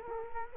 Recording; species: mosquito wingbeat signal from an infrared sensor; Culex quinquefasciatus